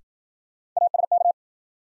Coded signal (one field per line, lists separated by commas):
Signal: Morse code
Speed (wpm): 53 wpm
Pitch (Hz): 700 Hz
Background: none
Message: ASK